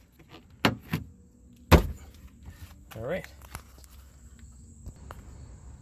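A replacement plastic outside door handle is pushed with two hands into the rear door of a Chevy Suburban SUV so its retaining clips snap in. Two loud, sharp snaps are heard at 0.7 s and 1.7 s, followed by someone briefly talking, and the handle is seated in the door.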